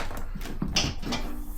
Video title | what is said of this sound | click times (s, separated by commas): HOW TO CHANGE A SCOOTER TIRE in 10 MINS | You can hear it pop. | 0.8 s